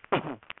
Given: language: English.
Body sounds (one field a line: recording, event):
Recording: throat vibration sensor signal played as sound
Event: cough